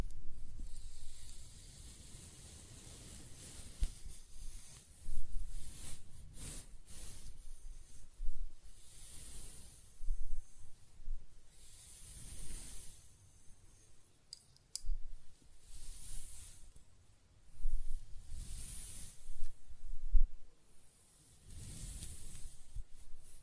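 Hair is scratched, brushed and stroked in repeated soft passes, each a bright rustling hiss that swells and fades every couple of seconds. Between strokes there are quiet gaps with a low rumble, and a few sharper scratchy bursts stand out around the middle.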